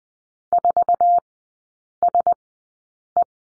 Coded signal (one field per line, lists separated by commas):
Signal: Morse code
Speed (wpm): 20 wpm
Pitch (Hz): 700 Hz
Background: none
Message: 4SE